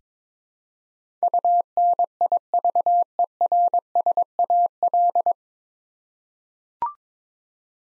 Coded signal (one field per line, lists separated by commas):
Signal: Morse code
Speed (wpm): 22 wpm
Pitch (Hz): 700 Hz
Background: none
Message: UNIVERSAL